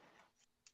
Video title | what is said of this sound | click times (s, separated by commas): Live with TLD E67 - Grey Man Tactical RMP & Cloud Defensive Rein 1.0 vs 2.0 | the little lever actually pulls up and it actually locks into place | 0.7 s